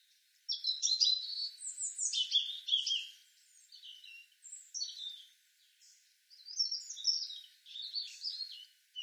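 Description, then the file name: European robin song: thin, high, varied warbled phrases, some sliding and trilled, in several bursts separated by short pauses. "Erithacus rubecula"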